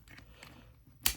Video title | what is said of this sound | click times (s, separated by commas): Zynqur 6200°F Upgraded Fireproof Document Box Review | So you zip it closed, you click these into place. Click. | 1.1 s